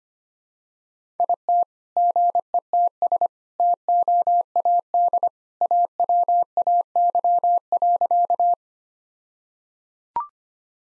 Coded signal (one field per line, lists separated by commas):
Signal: Morse code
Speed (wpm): 25 wpm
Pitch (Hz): 700 Hz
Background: none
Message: IT GETS TOAD AWAY.